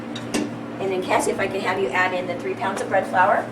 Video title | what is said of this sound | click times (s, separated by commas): 12 Steps of Yeast Production French baguettes | here all right lock it in | 0.2 s, 0.3 s